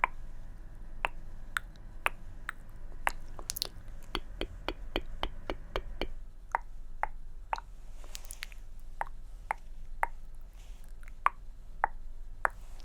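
Tongue clicking in a steady, regular rhythm of sharp wet clicks about twice per second, with a low rumble under the first six seconds.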